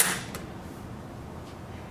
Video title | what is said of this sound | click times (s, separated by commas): 5 Rollator | and you'll hear it click when it finds its purchase holes. | 0.3 s